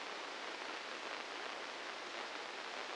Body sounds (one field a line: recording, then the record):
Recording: brain microelectrode recording played as sound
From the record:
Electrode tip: inside the subthalamic nucleus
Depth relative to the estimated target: -3 mm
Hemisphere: right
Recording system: NeuroSet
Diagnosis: Parkinson's disease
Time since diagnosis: 15 years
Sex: female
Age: 59 years